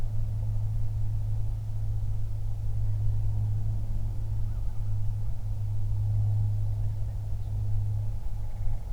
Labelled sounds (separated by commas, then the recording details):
bird, aircraft
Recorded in the Prudhoe Bay oil fields, Alaska, on 31 July 2019 at 08:43
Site 24